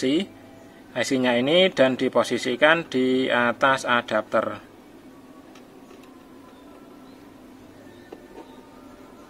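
A 2 MB, 3 V firmware flash IC (658-E8223L-C1, dated 2012-05-20) for a Polytron PLD 20D302B LED TV is placed on top of a spring-loaded programmer socket adapter while someone talks for the first four and a half seconds. The rest is a quiet hum with two brief faint ticks at about 5.6 s and 8.1 s. Nothing has seated or locked into the adapter yet.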